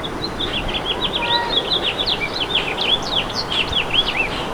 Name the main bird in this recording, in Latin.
Haemorhous mexicanus